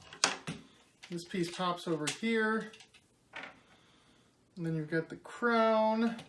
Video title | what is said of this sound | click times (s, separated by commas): Lupinranger Vs. Patranger: Jackpot Striker & LupinRex | then this piece just pops right in here this | 0.2 s